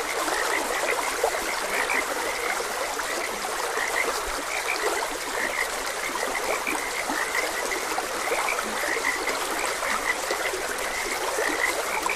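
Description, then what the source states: Frog chorus of brief chirpy croaks, many overlapping, over the continuous sound of a flowing stream. Frogs croaking beside a gentle stream.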